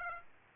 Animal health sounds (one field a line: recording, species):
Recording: mosquito wingbeat signal from an infrared sensor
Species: Aedes aegypti